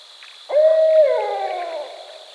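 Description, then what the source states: Barred owl hoot: a single level note that drops away into a trailing, descending slur, with a steady high-pitched hum running throughout. Recorded 22 October 2010.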